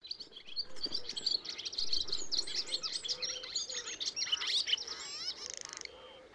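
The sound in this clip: Bird song: a dense, fast stream of high warbled and twittering notes, varied and continuous, ending in a quick rattling trill, with a faint low hum beneath.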